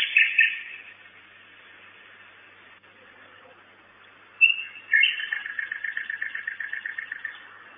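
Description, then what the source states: Common nightingale song opening with a short rich burst, then a quiet gap, then a sharp note and a long fast series of repeated chattering notes. Recorded at a nest box on 10 May 2009 at 23:16, at night.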